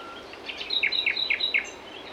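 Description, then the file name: Nightingale song phrase: four paired, down-slurred notes repeated at an even, brisk pace. "Luscinia megarhynchos"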